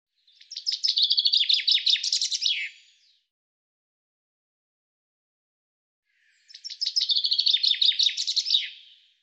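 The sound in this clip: Common chaffinch singing two bright rattling phrases that drop in pitch and finish with a flourish, separated by a pause of about three seconds, with no other sounds.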